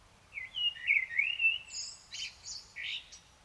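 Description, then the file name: Common blackbird song: a low, fluted warbling phrase that slides and wavers, ending in a burst of high, squeaky twittering notes. "Turdus merula"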